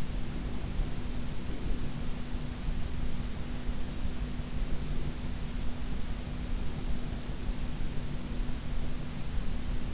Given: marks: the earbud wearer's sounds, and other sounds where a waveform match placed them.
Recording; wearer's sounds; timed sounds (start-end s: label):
sounds in sleep by an in-ear microphone; breath
0.00-2.00 s: breath